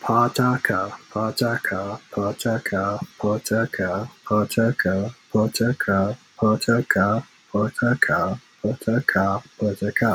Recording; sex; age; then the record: repeated syllables /pa ta ka/; male; 20 to 29 years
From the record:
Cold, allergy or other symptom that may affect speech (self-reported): no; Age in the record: 27 years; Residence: Rhode Island, United States